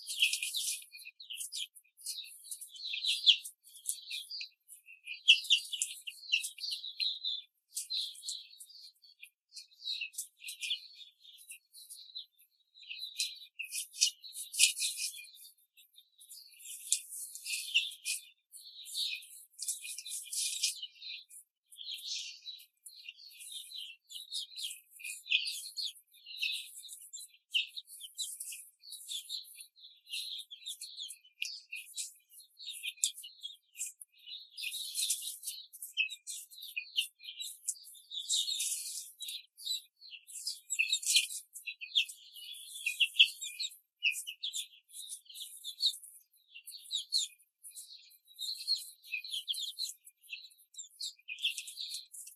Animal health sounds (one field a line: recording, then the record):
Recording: young laying hens in a cage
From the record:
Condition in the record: control cage, before the stress test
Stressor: none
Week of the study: 4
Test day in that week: 3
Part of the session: 2